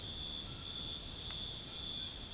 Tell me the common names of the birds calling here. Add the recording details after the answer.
none. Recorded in dense forest near Puerto Asís, Putumayo, Colombia, on 20 February 2024 at 04:00. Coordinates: 0.485, -76.325. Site G6429